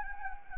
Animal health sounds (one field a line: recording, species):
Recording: mosquito wingbeat signal from an infrared sensor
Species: Anopheles gambiae